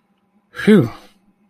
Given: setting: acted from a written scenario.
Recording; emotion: vocal sound without words; relief